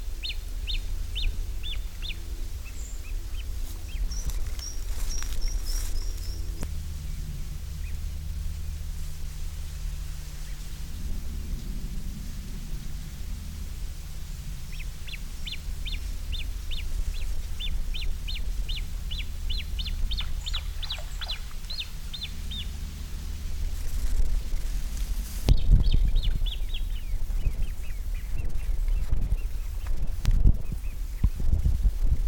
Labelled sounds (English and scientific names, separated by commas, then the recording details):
Great Crested Grebe (Podiceps cristatus) call
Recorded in the wild
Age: juvenile
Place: Schluft, Schorfheide, Brandenburg, DE
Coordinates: 52.95, 13.45
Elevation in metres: 71
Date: 1996-08-04 12:50
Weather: wolkig, 14-17°C
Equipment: Sony MD-WM MZ-R3, Sennheiser ME 80, Kopie Uher 4000 Report Monitor
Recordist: Tembrock, Günter